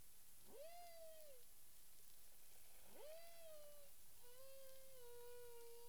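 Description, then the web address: Humpback whale song units: two similar upswept cries leveling into held tones, followed by a longer, gently falling moan, rich in overtones, against steady background hiss. Caribbean waters, recorded 9 April 2002 at 18:06 UTC. "CARIMAM. humpback whale"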